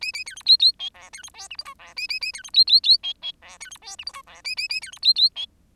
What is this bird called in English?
Bengalese Finch